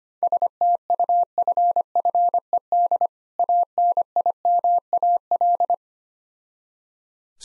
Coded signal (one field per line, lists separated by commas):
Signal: Morse code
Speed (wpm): 25 wpm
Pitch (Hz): 700 Hz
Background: none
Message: STUFFED ANIMAL